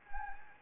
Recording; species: mosquito wingbeat signal from an infrared sensor; Anopheles gambiae